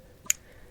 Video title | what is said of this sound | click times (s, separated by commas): Front Brake Pad and Rotors Replacement, 2014-2018 Toyota Corolla, 2014 2015 2016 2017 2018 | so there it goes that one just clicked in now I'll install the other one on the top ear of the inner pad | 0.3 s